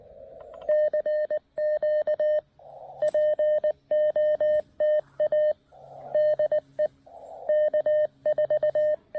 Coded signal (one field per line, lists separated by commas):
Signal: Morse code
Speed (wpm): 19 wpm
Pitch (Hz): 610 Hz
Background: none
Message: CQ POTA DE K4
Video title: Mountain Topper MTR-3B: Fitting in a quick POTA activation while packing up the campsite!